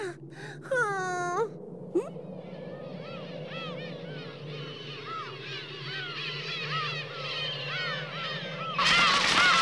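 A dense chorus of many birds calling at once, countless short rising and falling squawks overlapping continuously, with a loud wailing cry near the start and a sudden rushing burst at the end.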